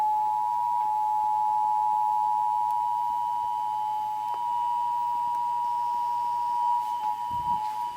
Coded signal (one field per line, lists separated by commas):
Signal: Emergency Alert System (SAME) tones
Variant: 853 and 960 Hz attention tone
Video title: EAS Test.m4v